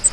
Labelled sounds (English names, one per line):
Grace's Warbler flight call